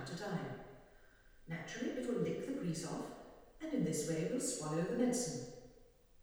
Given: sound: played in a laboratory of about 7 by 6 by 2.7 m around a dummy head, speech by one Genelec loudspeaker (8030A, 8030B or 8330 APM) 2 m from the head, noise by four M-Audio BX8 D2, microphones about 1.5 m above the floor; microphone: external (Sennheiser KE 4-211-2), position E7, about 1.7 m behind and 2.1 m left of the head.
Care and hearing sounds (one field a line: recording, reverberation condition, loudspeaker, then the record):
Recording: female speech in English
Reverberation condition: high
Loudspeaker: 30 degrees to the right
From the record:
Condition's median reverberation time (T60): about 1300 ms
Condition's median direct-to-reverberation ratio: about -4.0 dB